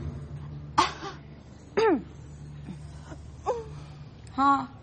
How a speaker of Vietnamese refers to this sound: Ho đàn ông ho nè, nghe người ta ho nè. Trời ơi, bây giờ tới hoàng hậu. Trời ơi, nó vang luôn á.